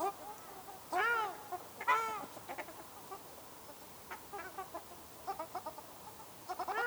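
Ruddy shelduck calls, two loud nasal honks early, then a series of fainter short calls, with another honk at the end.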